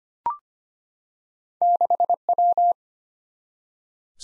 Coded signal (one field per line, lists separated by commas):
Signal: Morse code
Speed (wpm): 25 wpm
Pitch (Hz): 700 Hz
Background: none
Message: 6W